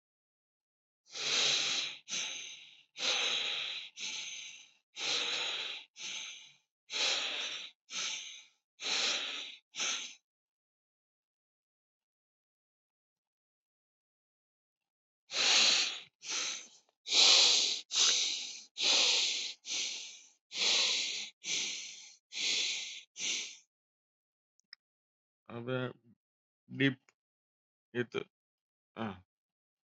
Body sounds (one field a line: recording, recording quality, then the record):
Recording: shallow breathing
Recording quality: excellent, no background noise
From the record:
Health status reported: healthy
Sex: male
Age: 62 years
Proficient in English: yes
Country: India